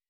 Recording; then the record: hydrophone in a shrimp aquaculture tank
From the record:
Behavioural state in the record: weakened